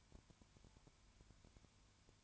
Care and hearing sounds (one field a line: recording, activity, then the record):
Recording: daily activity, microphone in the room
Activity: no activity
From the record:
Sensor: 2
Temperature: 19.9 degrees Celsius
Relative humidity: 32.2%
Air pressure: 1001.1 hPa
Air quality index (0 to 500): 54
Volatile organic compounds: 1 ppm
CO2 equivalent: 601 ppm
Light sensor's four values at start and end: 2/3/2/2 and 2/3/2/2